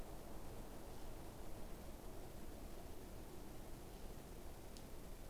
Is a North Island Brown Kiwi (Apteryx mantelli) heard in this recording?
no